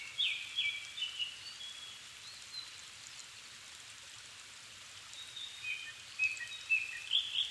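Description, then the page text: Japanese thrush song: a whistled phrase at the start, a pause, then another varied phrase of slurred whistles, over steady hiss. Wild bird in Japan, altitude 270 m; 7 May 2011 at 17:59, evening; recorded with Sony PCM-D50 and Panasonic WM-61A mic. "kurotugumi-20110507-1759. Turdus cardis [Sounds -Nikko Today-]"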